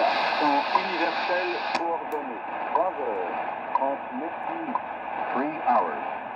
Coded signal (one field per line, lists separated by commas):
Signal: radio time signal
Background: speech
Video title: Degen DE1103 Tuning 3000 to 4000 kHz Shortwave with comments using MLA 30 loop antenna outdoors